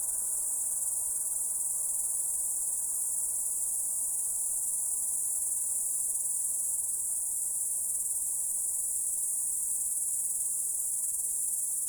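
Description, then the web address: Crickets giving an unbroken, very high shrill trill that holds steady throughout, over a faint low background hiss. The recordist's own crickets. "my crikets"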